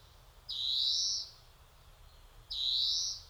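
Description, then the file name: European greenfinch uttering two long, buzzy, rising wheezes, each under a second, spaced about two seconds apart against quiet low background noise. "Chloris chloris"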